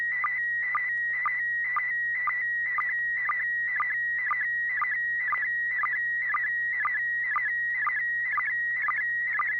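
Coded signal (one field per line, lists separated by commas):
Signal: SSTV (slow-scan television)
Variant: PD120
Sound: steady high warbling tone broken by short low chirps roughly twice a second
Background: low electrical hum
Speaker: I am. This is N6PGQ, and this is supposed to be PD 120.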